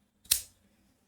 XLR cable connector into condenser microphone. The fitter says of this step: तो ये लग गया। इसकी टक की आवाज़ भी आएगी, तो ये लग जाएगी।